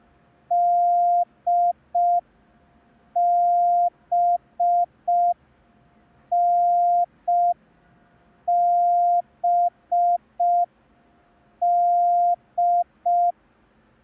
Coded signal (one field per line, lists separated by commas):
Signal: Morse code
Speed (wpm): 5 wpm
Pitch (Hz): 700 Hz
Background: none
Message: DBNBD